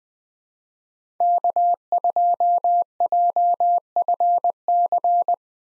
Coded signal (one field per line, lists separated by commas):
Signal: Morse code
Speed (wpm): 20 wpm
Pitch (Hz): 700 Hz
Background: none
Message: K2JFC